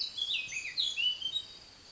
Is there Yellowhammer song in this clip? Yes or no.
no